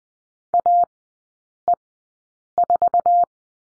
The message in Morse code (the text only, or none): AE4